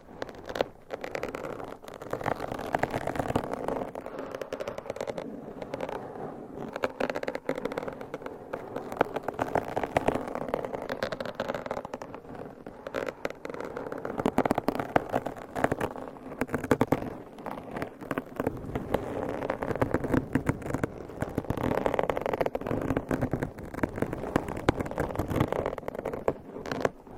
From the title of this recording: Mic Scratching - Brain Scratching with XXL ULTRA LONG NAILS